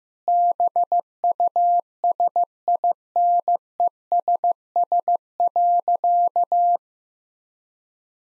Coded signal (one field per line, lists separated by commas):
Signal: Morse code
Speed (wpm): 15 wpm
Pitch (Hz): 700 Hz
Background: none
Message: BUSINESS.